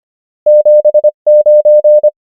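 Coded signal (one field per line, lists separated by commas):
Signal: Morse code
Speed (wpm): 25 wpm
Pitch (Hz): 600 Hz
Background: none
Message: 7 9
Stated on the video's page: Morse code practice of numbers at 25 wpm character speed and 23 wpm effective (Farnsworth) speed.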